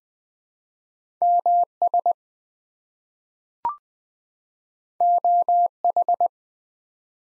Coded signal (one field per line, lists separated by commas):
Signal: Morse code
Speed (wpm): 20 wpm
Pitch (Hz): 700 Hz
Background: none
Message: MS OH